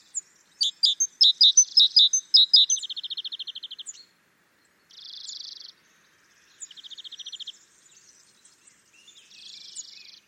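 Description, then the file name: Great tit calling with a burst of sharp, high notes running straight into a long buzzy churr. Shorter buzzy and rattling bursts follow after pauses. "Parus major"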